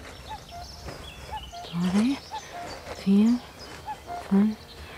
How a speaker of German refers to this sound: 3, 4, 5. Ja, der Kuckuck.